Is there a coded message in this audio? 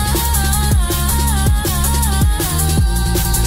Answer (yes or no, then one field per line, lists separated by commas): no